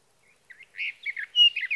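Sage thrasher song fragment, a quick jumble of warbled, slurred phrases that grow louder toward the end.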